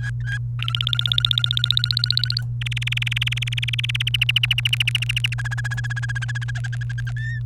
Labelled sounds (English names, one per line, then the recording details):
Domestic Canary song
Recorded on 29 April 2018 at 16:44
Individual llb3